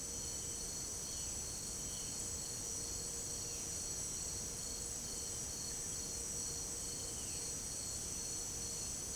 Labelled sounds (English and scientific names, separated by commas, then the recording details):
none
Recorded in secondary vegetation near Puerto Asís, Putumayo, Colombia, on 26 December 2024 at 18:00
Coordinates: 0.489, -76.322
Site G059